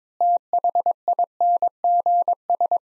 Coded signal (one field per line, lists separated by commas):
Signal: Morse code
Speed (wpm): 21 wpm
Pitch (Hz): 700 Hz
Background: none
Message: THINGS